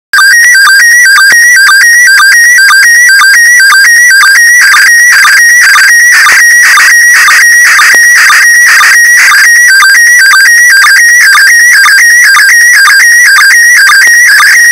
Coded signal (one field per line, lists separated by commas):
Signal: SSTV (slow-scan television)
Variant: PD 120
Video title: AMSAT HAM ISS - SSTV transmitted anniversary from Space